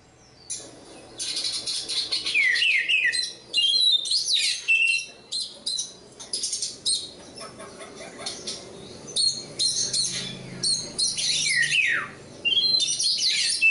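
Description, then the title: Oriental magpie-robin delivering varied song phrases: rattling trills, sharp whistles and swooping notes in uneven bursts, with a faint low hum beneath. Kacer poci, competition bird and national champion; singing gacor with 'nembak' and 'ngerol' styles; seven kinds of kacer sound every three minutes. "Kacer Poci Gacor Nembak Dan Ngerol Juara Nasional. 7 macam suara kacer setiap 3 menit"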